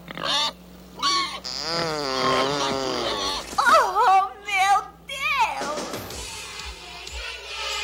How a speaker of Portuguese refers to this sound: Ei, o teu porco aí atrás tá fazendo barulho gozado. É mesmo. O bom Miguel tem um estômago bem ruim.